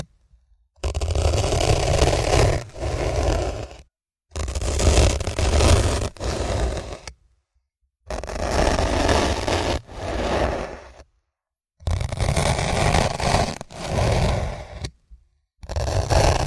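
Ear cleaning massage: dense rubbing and scraping strokes in bursts of a few seconds, separated by brief silences, roughly every four seconds.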